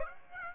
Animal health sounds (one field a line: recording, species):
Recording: mosquito wingbeat signal from an infrared sensor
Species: Aedes aegypti